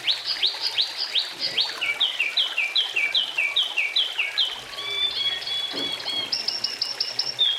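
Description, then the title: Oriental magpie-robin giving rapid downslurred notes, then paired notes, shifting to level whistles and a brief high trill. "Kicau Kacer"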